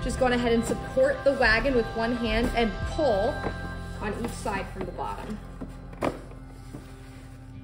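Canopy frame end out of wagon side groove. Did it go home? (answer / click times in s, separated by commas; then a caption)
released / 5.9 s, 6.0 s. Someone talks over music while a Bob Renegade wagon is steadied with one hand and its canopy is pulled from the bottom on each side. Two short pops at 5.9 s and 6.1 s mark the canopy frame end coming out of the wagon's side groove, and the canopy is released.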